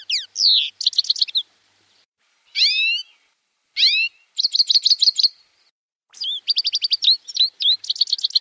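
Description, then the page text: European goldfinch song: bursts of rapid liquid twittering trills alternating with drawn-out nasal downslurred notes, with short pauses between phrases. "Щегол (птица) - пение"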